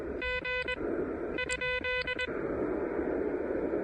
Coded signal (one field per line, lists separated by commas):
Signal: Morse code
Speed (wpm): 21 wpm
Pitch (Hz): 2000 Hz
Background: none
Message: G ?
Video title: Pairing the Elecraft KH1 and an End-Fed Half-Wave for QRP POTA at Pisgah National Forest!